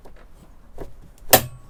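A swing-out TV bracket arm in a Chausson Flash 718 XLB (2020) motorhome is slid back into its stowed position on its wall mount. A few faint knocks and a light tap are heard before the silver release tab latches with a sharp, loud click at 1.3 s. The bracket is confirmed securely back in place.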